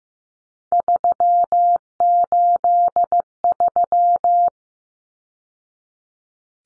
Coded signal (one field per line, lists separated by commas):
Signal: Morse code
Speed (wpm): 15 wpm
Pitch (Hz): 700 Hz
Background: none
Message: 383